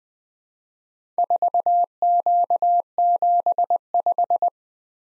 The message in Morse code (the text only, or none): 4Q75